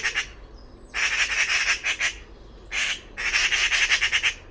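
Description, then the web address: Bird gives rasping, pulsing squawk bursts, with a thin high whistle early on. "cianscape birddata Deverinetal 2025"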